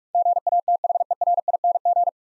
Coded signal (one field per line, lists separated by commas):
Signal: Morse code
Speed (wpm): 44 wpm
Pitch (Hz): 700 Hz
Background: none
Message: GATHERING